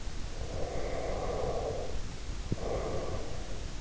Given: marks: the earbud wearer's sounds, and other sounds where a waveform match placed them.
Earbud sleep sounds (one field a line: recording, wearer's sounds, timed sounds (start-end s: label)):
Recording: sounds in sleep by an in-ear microphone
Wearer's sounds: breath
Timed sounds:
0.47-3.72 s: breath